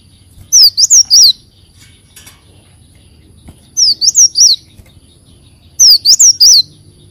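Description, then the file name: Leafbird calls: three clusters of four high, sharp, slurred whistles, a few seconds apart, with quiet between. "Tieng chim xanh tim"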